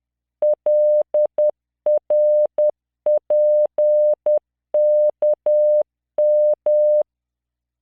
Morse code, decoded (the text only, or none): LRPKM